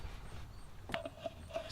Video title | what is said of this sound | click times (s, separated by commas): 1988 Toyota 4x4 Van - Spark Plugs and Distributor update | down till it clicks just | 0.9 s